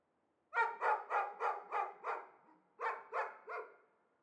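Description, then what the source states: Dog barking in a rapid series of six harsh barks, a brief pause, then three more. Two or perhaps three dogs, apparently caged and unseen, excite each other at the slightest outside noise; Chamonix-Mont-Blanc, Auvergne-Rhône-Alpes, France.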